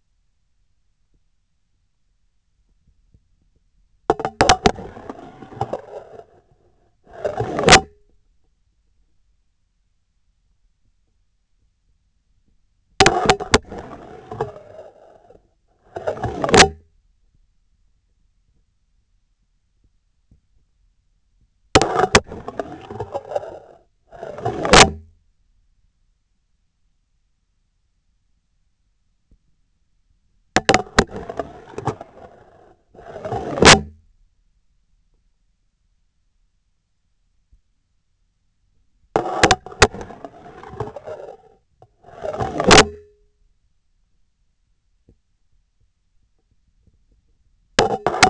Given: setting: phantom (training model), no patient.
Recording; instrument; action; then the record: laparoscopic instrument, vibration sensor on the handle end; scissors; insertion and removal through the trocar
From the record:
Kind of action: spatial motion